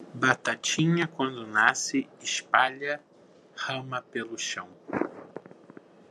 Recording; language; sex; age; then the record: short text; Brazilian Portuguese; male; 50 to 59 years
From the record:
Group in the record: control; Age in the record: 53 years